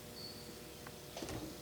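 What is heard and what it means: The ratchet on the back side of a Clipper flat belt lacer is brought up toward engagement of its pawl. Faint handling noise is followed by a short sharp sound near 0.9 s and a brief cluster of bright metallic ticks around 1.2–1.3 s. Nothing has clicked into place or seated yet.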